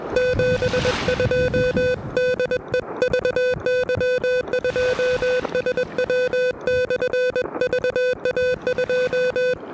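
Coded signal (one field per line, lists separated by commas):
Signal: Morse code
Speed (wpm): 22 wpm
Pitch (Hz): 500 Hz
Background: music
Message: 72 DE VY2SW/VA2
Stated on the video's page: Pedestrian mobile QRP Parks on the Air activation, an all-time-new-one park, worked on an Elecraft KH1.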